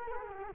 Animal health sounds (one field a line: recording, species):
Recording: mosquito wingbeat signal from an infrared sensor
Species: Culex quinquefasciatus